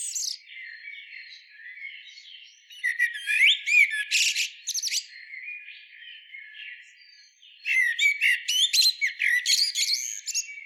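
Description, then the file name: Eurasian blackbird with soft twittering at first, then loud squeaky, chattering notes, a quieter stretch, and a final burst of rapid high chirps. "Turdus merula"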